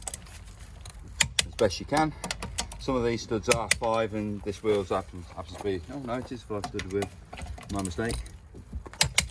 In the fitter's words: And once you hear the click, that is the correct torque set on those wheel studs.